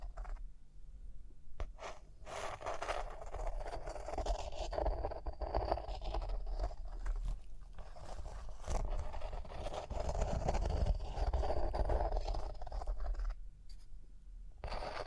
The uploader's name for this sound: Rhinestone Tapping, Scratching, Brushing